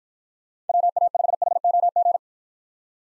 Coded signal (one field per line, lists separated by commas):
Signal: Morse code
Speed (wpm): 53 wpm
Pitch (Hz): 700 Hz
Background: none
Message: WA5HOG